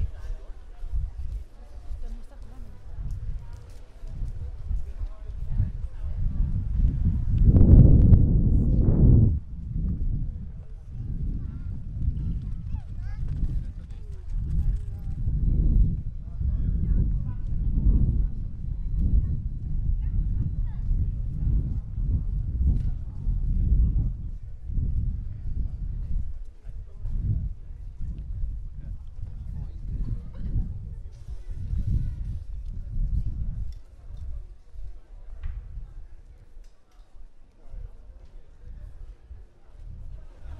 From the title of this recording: Prague walk from Castle to Charles bridge & both towers